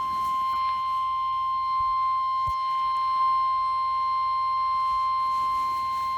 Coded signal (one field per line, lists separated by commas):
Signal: Emergency Alert System (SAME) tones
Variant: 1050 Hz attention tone